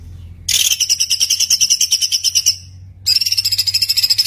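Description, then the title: White-eye song: rapid high pulsed trill lasting two seconds, a short pause, then another quick chattering run. Masteran (tutor recording) of a gacor, continuously singing white-eye, with full tembakan bursts. "Masteran Burung Pleci Gacor Full Tembakan"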